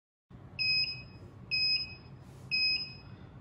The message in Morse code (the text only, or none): none